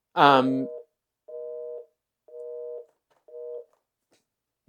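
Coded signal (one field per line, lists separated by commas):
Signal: telephone call progress tone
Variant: North America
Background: speech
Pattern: busy tone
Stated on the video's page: Call progress tone produced by a cheap Excelltel MS208 PBX, used as an alternative to a line simulator.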